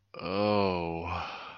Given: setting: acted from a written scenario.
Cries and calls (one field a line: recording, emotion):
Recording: vocal sound without words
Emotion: romantic love